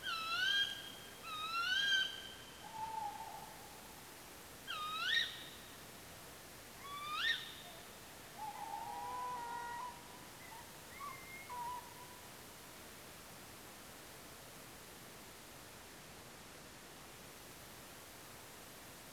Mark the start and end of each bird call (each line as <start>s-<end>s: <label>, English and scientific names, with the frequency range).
0.01s-0.90s: Tawny Owl (Strix aluco) (0.6-6.5 kHz)
1.21s-2.24s: Tawny Owl (Strix aluco) (1.1-7.3 kHz)
2.61s-3.54s: Tawny Owl (Strix aluco) (0.7-0.9 kHz)
4.64s-5.33s: Tawny Owl (Strix aluco) (1.2-7.3 kHz)
6.81s-7.51s: Tawny Owl (Strix aluco) (1.1-6.6 kHz)
8.37s-12.21s: Tawny Owl (Strix aluco) (0.4-3.9 kHz)